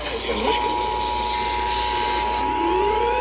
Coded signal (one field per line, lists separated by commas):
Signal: Emergency Alert System (SAME) tones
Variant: 853 and 960 Hz attention tone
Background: speech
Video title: LAE toned as spw on 10 stations (over an hour late) (8/4/22) EAS 1348-1358